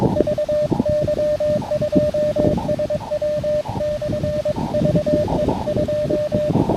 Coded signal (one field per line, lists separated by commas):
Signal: Morse code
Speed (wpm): 21 wpm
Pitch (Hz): 590 Hz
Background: none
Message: VY2SW/VE2